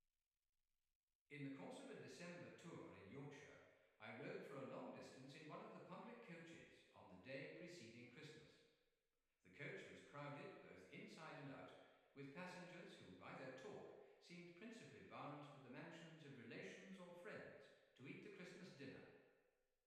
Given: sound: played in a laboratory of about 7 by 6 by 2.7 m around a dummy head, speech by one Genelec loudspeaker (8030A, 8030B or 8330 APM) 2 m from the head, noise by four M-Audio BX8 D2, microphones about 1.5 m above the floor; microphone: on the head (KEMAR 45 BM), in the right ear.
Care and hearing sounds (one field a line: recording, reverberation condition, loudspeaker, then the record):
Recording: male speech in English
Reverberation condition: high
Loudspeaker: behind (180 degrees)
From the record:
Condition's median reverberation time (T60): about 1300 ms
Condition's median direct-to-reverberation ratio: about -4.0 dB